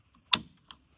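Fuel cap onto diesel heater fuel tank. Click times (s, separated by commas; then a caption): 0.3 s. An automotive-grade plastic fuel cap is turned onto the fuel tank of an LF Bros N2 Pro diesel heater. After a faint tick at 0.1 s, it gives a sharp, bright click at 0.3 s, followed by a softer second click at 0.7 s. The cap is closed and sealed so it will not leak diesel.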